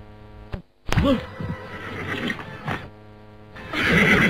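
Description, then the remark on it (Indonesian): A horse lets out a loud, wavering whinny that rises and falls in pitch, trailing off over a steady low hum, followed by a burst of rushing noise near the end. “Bibi, kemanakah kau larikan kuda ini? Tentu saja ke Keraton Sunda. Berhenti tuh.”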